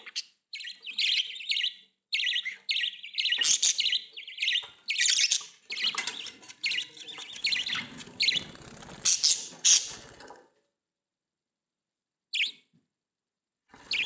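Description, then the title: Budgerigar chatter, dense squawky warbling and chirps for ten seconds, a pause, then a couple of brief chirps. "Budgie Sounds"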